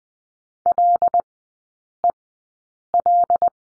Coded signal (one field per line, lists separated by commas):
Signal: Morse code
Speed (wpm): 20 wpm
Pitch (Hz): 700 Hz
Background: none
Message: LEL